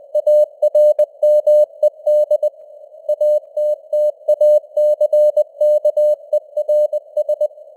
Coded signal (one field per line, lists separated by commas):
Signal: Morse code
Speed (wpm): 20 wpm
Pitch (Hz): 600 Hz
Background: none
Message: ARMED ATTACKERS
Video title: Morse Code News | 2025-11-04 | 20wpm